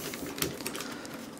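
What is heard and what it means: A plastic knee piece is pushed into the leg of a Cang Toys Thunderking transforming robot figure while it is being combined, with several light plastic clicks and taps. The knee snaps into place with a sharp click at 0.4 s, and the joint is seated.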